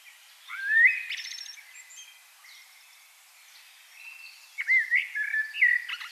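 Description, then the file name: Common blackbird delivering a rising fluty note and high chattering trill, then after a lull a fresh burst of slurred whistles and squeaky notes. "Turdus merula"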